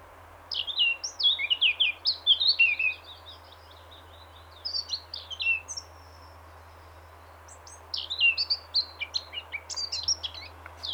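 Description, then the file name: Eurasian blackcap delivering three bursts of fast, varied warbling separated by short quiet gaps, over a steady low hum. "Sylvia atricapilla"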